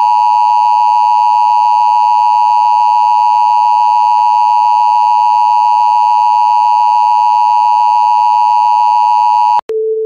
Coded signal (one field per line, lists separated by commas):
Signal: Emergency Alert System (SAME) tones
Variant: 853 and 960 Hz attention tone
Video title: EMERGENCY ALERT SYSTEM (To Prank) (All Is Fake)